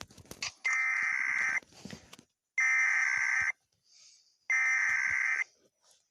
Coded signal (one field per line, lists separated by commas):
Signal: Emergency Alert System (SAME) tones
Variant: header bursts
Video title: EAS ALERT WILL DO THIS